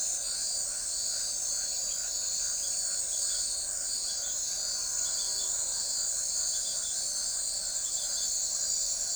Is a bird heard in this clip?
no